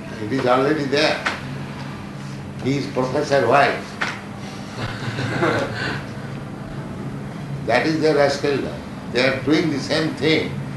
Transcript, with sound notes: It is already there. He is Professor Wise. [laughter] That is their rascaldom. They are doing the same thing,